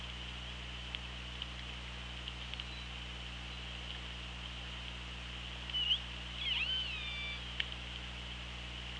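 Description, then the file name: Killer whale calls: a short call near six seconds, then a longer harmonic call, with sparse clicks and constant underwater hum. Recorded on an OrcaLab hydrophone, 24 August 2017, at 17:06. "Orca Lab UTLN JASON 20170824 170644"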